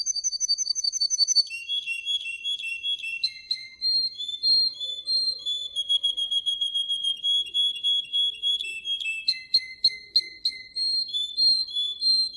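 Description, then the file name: Canary song: long sequence of high rolling trills and fast repeated notes, switching to a new rolled phrase every few seconds, bright and continuous throughout. Russian canary type. "suara kenari rusia"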